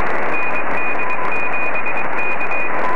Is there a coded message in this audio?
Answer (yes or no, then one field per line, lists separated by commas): yes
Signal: Morse code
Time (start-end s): 0.3-2.7 s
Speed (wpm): 22 wpm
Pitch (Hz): 2450 Hz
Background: none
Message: ND7K